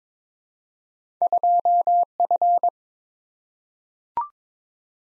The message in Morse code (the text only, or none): 2F